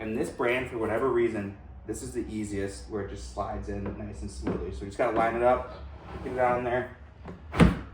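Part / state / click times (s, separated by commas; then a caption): sofa section connector bracket into the mating bracket on the adjacent section / seated / 7.6 s. Two sections of a Chita Living oversized modular sofa are slid together so their metal connector brackets line up and engage while someone talks. At 7.6 s a sharp click is heard as the section's connector bracket locks into the mating bracket on the adjacent section, and the sofa is complete.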